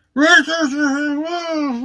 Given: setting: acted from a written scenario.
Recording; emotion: vocal sound without words; anger